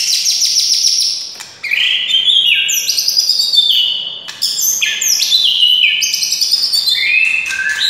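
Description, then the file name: White-rumped shama song: fast high twittering and cascading whistled notes, bright and nearly continuous. Wild white-rumped shama (murai hutan). "suara murai hutan asli"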